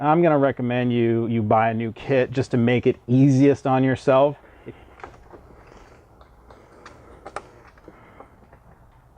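On a BMW E46 during an oil catch can install, a thick-walled crankcase ventilation tube is being worked onto its plastic fitting on the engine; the tube's thickness makes it want to pull itself off. Someone talks for the first four seconds, followed by quiet handling noise with a few faint ticks. Nothing has seated or clicked yet.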